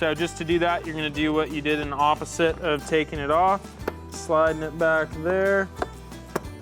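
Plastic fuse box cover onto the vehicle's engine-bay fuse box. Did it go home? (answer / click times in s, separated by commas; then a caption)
yes / 6.4 s. Over background music, someone talks while a plastic fuse box cover is slid back onto the engine-bay fuse box of a 2014–2023 Toyota 4Runner, after an add-a-fuse for Raptor-style grille LED lights has been tapped in and grounded. A sharp click is heard at 6.4 s as the cover clicks into place.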